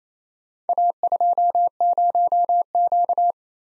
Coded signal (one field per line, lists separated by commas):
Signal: Morse code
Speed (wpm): 29 wpm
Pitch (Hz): 700 Hz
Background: none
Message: A20Q